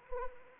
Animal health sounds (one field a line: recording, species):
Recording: mosquito wingbeat signal from an infrared sensor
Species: Anopheles arabiensis